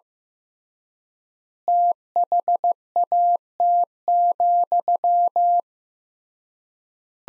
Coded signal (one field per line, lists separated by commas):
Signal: Morse code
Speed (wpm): 15 wpm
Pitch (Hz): 700 Hz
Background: none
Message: THAT,